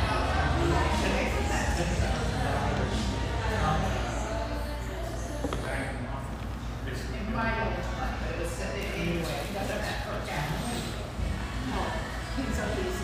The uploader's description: lively chatter from this spacious, vivacious tea room in the North End of Boise